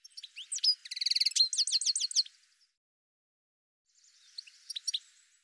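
Bird giving a quick, high rattling trill mixed with down-slurred notes, then after a pause a softer, scratchy chatter with a few sharp chips.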